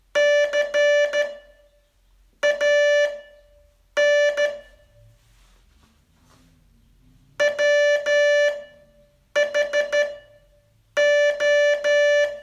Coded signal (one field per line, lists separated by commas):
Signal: Morse code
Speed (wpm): 12 wpm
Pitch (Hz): 580 Hz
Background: music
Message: CAN WHO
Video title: Learn Morse in 42 Days from VU2LAU - day 35 test